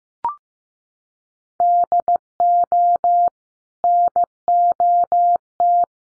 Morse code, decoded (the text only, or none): DO NOT